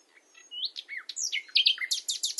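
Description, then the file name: Common nightingale song: a lively string of slurred whistles, swoops and chirps building quickly into loud, rapid repeated notes. "Luscinia megarhynchos"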